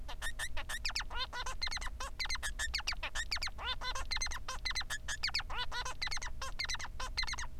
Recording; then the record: song of a male Bengalese finch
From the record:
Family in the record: son of father 3